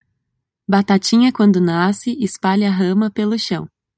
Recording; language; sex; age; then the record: short text; Brazilian Portuguese; female; 30 to 39 years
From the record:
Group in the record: control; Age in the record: 32 years